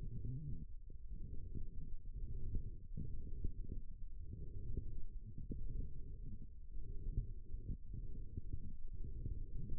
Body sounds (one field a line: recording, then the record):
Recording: forearm muscle sounds (acoustic myography)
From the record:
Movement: forearm supination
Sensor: system 1, eight BSWA MPA416 microphones around the upper forearm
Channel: 3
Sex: female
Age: 21 years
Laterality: right